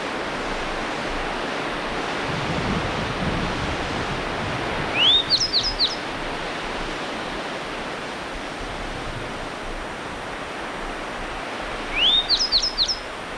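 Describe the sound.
Grey bunting calling twice, about seven seconds apart, each a rising whistle then three or four sharp high notes, against constant rushing noise like waves.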